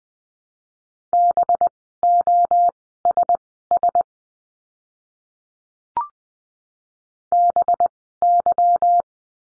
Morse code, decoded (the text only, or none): BOSS BY